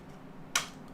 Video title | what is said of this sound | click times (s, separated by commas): Lego Fortnite Klombo (77077) - LIVE LEGO Build! | We got to hear the click | 0.6 s